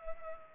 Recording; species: mosquito wingbeat signal from an infrared sensor; Culex pipiens